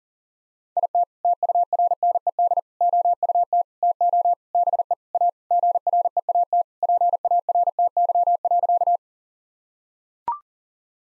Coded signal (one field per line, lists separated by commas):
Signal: Morse code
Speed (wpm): 40 wpm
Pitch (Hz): 700 Hz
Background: none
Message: IT TURNED OUT TO BE A GREAT PARTY.